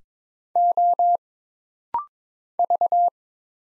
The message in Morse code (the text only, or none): O V